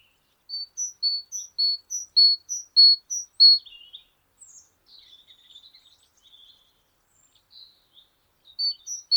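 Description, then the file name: Great tit giving a rhythmic series of paired high and lower whistled notes, several pairs, then soft scratchy notes, another pair beginning at the end. "Parus major"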